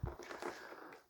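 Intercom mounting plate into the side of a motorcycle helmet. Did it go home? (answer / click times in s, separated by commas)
no / none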